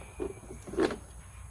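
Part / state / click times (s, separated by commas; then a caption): battery pack into cordless lawn mower battery slot / not seated / none. A battery pack is slid into the battery slot of an EGO cordless lawn mower and pushed in, giving soft sliding and plastic scraping sounds, with the loudest push around 0.8 s. No latch click is heard, and the battery has not clicked into place yet.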